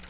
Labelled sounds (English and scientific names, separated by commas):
Tennessee Warbler (Leiothlypis peregrina) flight call